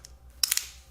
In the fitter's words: hear that nice satisfying click love that so this stuff is awesome you can use it repeatedly